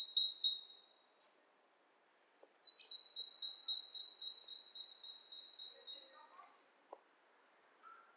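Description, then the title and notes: Bird chatter: a short high burst, a pause, then a longer run of rapid rattling notes, followed by a few scattered faint sounds. Two birds interacting; lo-fi recording. "bird dialogs. lo-fi recording of two birds interacting"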